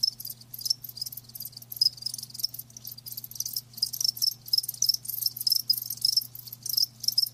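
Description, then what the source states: Crickets chirping in shrill pulsed bursts, rhythm steady and continuous, with a faint low electrical-sounding hum beneath. Live crickets chirping, a lulling song.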